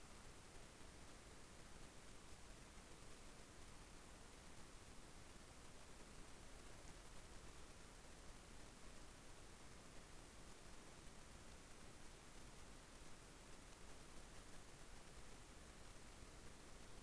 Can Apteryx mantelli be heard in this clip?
no